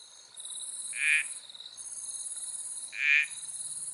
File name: uperoleia laevigata